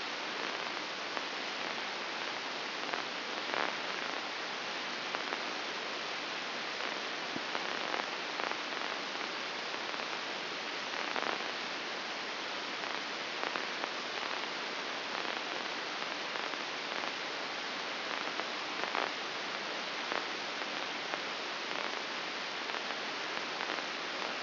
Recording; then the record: brain microelectrode recording played as sound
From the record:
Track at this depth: outside the subthalamic nucleus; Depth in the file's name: 7.26 mm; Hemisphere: left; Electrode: 2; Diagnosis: Parkinson's disease